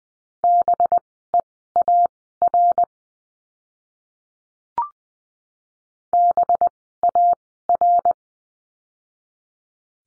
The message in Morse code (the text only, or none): BEAR BAR